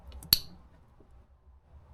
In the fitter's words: That's a satisfying click.